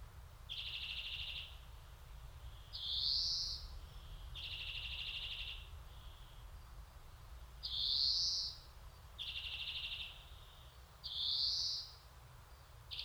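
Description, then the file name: European greenfinch alternating flat buzzy notes with rising nasal wheezes, each lasting about a second, repeated throughout. "Chloris chloris"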